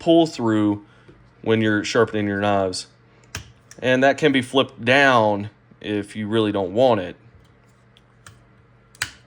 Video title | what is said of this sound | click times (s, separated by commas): Work Sharp MK2 Knife and Tool Sharpener Review and Test | then it clicks back in place | 9.0 s